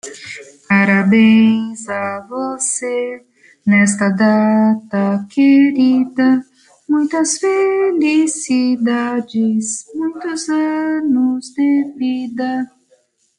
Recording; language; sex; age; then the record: short text; Brazilian Portuguese; female; 50 to 59 years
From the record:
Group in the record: control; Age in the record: 59 years